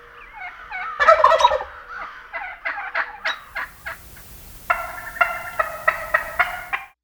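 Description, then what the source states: Turkeys gobbling in overlapping bubbling rattles, a loud burst early on, then a quieter stretch before another rapid gobbling series. More than one turkey.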